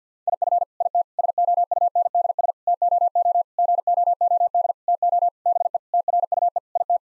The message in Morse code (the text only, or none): IF IT SOUNDS TOO GOOD TO BE TRUE IT